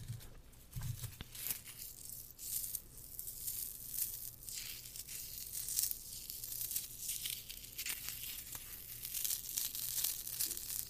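Rough scratching and rubbing textures run throughout, dense and uneven, with gritty bright strokes that swell and fade every second or so. Some sharper crinkling and tearing bursts stand out, and a low hum sits underneath the whole time.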